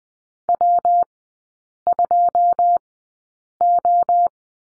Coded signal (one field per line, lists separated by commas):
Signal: Morse code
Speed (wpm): 20 wpm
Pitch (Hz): 700 Hz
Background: none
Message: W2O